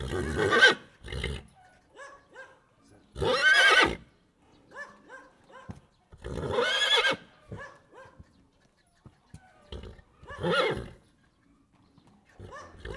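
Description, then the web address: Horse neighing: four loud, shrill whinnies spread throughout, separated by quieter snorts, nickers and knocking hoof sounds. Excited stallion neighing in a farmyard. "allathangok parasztudvar lo izgatottannyeritocsodor"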